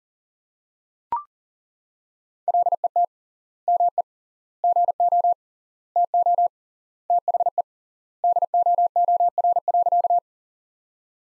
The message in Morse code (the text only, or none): LET ME GO TO THE DOOR.